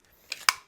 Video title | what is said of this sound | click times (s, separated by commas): Derya DY9 - Unboxing and Tabletop Review | but it does take it. It locks into place | 0.5 s